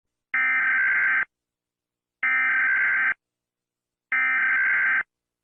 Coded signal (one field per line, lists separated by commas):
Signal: Emergency Alert System (SAME) tones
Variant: header bursts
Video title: EAS Scenario │ Paranoia